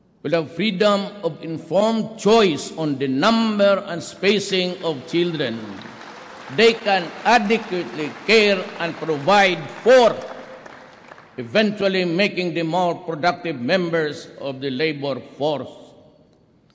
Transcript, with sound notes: will have freedom of informed choice on the number and spacing of children they can adequately care and provide for, [applause] eventually making them more productive members of the labor force.